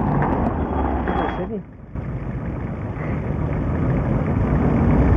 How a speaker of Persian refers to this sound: ماشین غفار وای میسته.